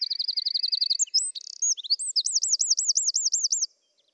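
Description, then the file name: Eurasian wren song: a fast high trill, then varied sharp chips and twittering notes, then another rapid looping trill before it stops. "Troglodytes troglodytes"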